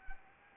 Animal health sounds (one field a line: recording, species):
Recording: mosquito wingbeat signal from an infrared sensor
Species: Anopheles arabiensis